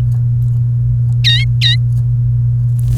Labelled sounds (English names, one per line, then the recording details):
Domestic Canary song
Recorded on 29 April 2018 at 11:33
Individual llb3